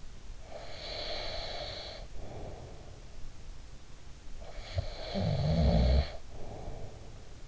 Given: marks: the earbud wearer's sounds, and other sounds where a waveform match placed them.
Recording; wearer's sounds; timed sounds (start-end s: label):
sounds in sleep by an in-ear microphone; breath, snoring breath
0.17-3.23 s: breath
4.14-7.48 s: snoring breath